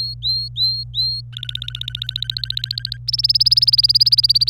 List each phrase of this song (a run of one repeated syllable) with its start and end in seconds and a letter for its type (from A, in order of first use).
0.00-1.21 A, 1.33-2.97 B, 3.08-4.50 C